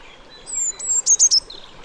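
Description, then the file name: Eurasian blue tit giving two high thin whistled notes followed by three quick sharp notes, a brief call with faint background hiss. "Cyanistes caeruleus"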